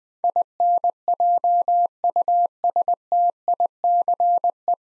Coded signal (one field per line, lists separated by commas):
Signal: Morse code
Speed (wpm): 20 wpm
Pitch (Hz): 700 Hz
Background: none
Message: INJUSTICE